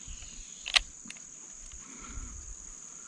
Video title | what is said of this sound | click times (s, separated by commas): Wicked Ridge - Invader X4 Review & Special Clip At The End | you heard it click which lets you know that it it cocked | 0.7 s